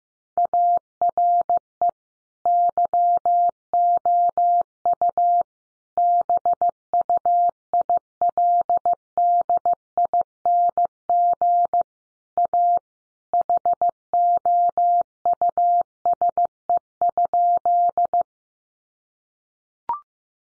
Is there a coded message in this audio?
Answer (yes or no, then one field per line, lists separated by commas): yes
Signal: Morse code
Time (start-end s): 0.4-18.2 s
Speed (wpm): 15 wpm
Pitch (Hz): 700 Hz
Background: none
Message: ARE YOU BUILDING A HOUSE?